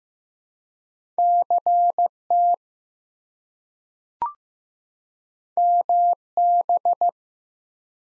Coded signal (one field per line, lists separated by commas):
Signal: Morse code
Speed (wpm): 15 wpm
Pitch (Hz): 700 Hz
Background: none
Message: CT MB